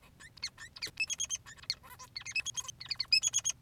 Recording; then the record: song of a male Bengalese finch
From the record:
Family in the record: son of father 3